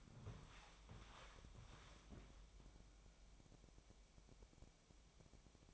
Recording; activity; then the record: daily activity, microphone in the room; walk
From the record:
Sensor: 1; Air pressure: 1000.6 hPa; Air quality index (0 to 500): 168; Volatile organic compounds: 4 ppm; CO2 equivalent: 1560 ppm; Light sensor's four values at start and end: 13/30/12/14 and 13/32/13/15